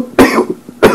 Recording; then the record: coughing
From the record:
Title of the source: Coughing 77